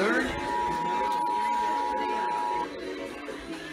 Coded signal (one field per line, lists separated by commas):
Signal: Emergency Alert System (SAME) tones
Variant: 853 and 960 Hz attention tone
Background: speech, music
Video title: Los Angeles Required Monthly Tests (EAS #3296-3341) 2/23/21